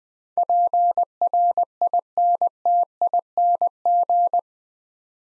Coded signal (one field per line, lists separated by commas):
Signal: Morse code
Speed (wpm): 20 wpm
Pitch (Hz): 700 Hz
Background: none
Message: PRINTING